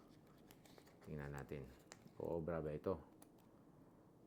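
Someone talks while handling the snap lock of a rolled-up Matador silicone travel soap pouch, with a few faint ticks and light handling noises around the speech. The snap lock has not clicked shut yet; nothing has seated by the end of the clip.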